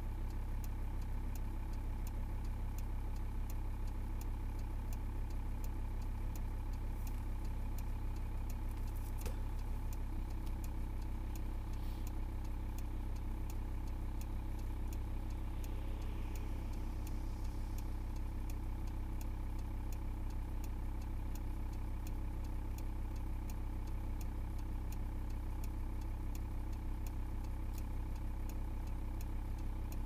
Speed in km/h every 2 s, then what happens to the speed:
0, 0, 0, 0, 0, 0, 0, 0, 0, 0, 0, 0, 0, 0, 0.
0-30 standing.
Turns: none.